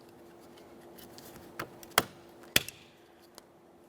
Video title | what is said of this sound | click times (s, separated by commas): How to Replace Door Lock Switch 2004-2008 Ford F-150 | We have an audible click from both sides. | 2.0 s, 2.6 s